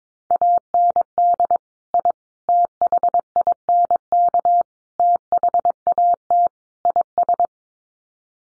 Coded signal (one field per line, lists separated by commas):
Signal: Morse code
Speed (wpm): 22 wpm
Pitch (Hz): 700 Hz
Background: none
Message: AND I THINK THAT IS